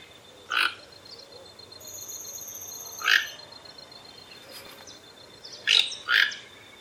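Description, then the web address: Toco toucan croaking in rough, gruff bursts, a lone note, then another, then a quick pair, while a thin high whistle hangs in the background. "sound Ramphastos-toco. صدای-پرنده-توکان-منقاردار"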